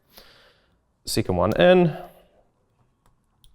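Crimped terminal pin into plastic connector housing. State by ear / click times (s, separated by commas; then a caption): seated / 3.4 s. A second crimped terminal pin is pushed into the back of a plastic Deutsch-style connector housing until it locks in place. Someone talks briefly, then the pin seats with a small, sharp click at 3.4 s.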